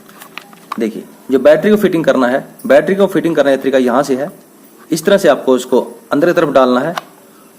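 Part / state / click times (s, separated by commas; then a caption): battery pack into cordless impact wrench / not seated / none. A 20V battery pack is being handled and guided toward the base of an Ingco cordless impact wrench while someone talks. There are a few small handling ticks near the start, but the pack has not yet latched or clicked into place by the end of the clip.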